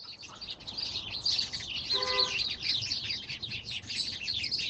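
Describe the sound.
Bird calls: constant high twittering chatter from many birds, with a brief low horn-like tone sounding near the middle.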